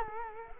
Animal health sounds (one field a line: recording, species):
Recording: mosquito wingbeat signal from an infrared sensor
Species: Culex quinquefasciatus